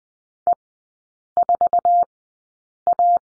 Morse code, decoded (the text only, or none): E4A